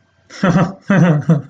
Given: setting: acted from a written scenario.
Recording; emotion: vocal sound without words; amusement